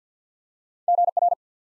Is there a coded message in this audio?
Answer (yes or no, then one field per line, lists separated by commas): yes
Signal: Morse code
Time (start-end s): 0.9-1.3 s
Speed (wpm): 48 wpm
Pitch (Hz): 700 Hz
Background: none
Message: GR